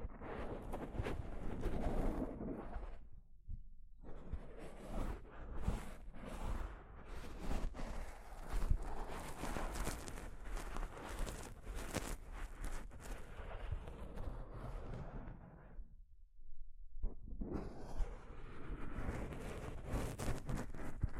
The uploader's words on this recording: ASMR Mic Brushing using Soft Fabric (No Talking).